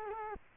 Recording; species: mosquito wingbeat signal from an infrared sensor; Culex quinquefasciatus